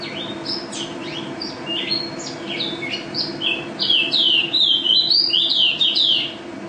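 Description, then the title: White-eye singing varied high chirps and slurred whistles, building into a fast, ringing, warbled phrase near the end, over a soft steady hum. Contest bird billed as national first-place champion, singing gacor, teler and ropel styles, with canary song as filler (isian kenari); 2015. "Pleci Juara 1 Nasional pleci Gacor juara nasional teler gacor ropel pleci isian kenari 2015"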